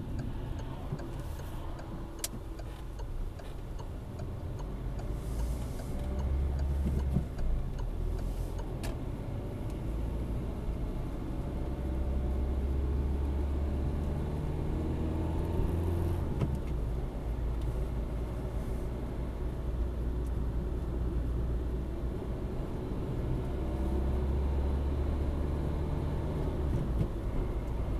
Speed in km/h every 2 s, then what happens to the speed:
8, 13, 17, 21, 25, 31, 33, 41, 44, 46, 48, 53, 59, 62.
0-28 speeds up to 62.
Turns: 0-5.